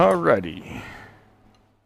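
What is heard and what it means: Someone talks briefly while the metal post of a Woodcut Bowlsaver coring system is handled as it is fitted into the lathe's tool-rest banjo. The speech fades into a quiet, decaying tail with faint low hum. The post has not yet seated or clicked into the banjo by the end of the clip.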